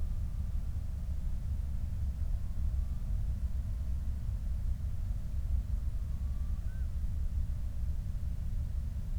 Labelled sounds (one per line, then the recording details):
loon
machinery
flare stack
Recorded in the Prudhoe Bay oil fields, Alaska, on 12 August 2019 at 03:50
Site 25